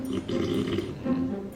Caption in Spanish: Un problema muy grave que está ocurriendo en GH Duo, en concreto el sueño que afecta, pues, a todos los habitantes de esa casa por cómo ronca un concursante. El hombre de la voz aflautada, que por la noche se transforma en un ñu apareándose. Sueña a veces que es un tractor o una vaca mugiendo o una motosierra. Es horroroso.